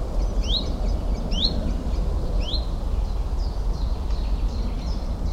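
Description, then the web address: Common chiffchaff singing three clear, bright notes in quick succession, then softer fading notes, with a continuous deep rumbling background. "Alexander birds Common Chiffchaff , Zilp Zalp"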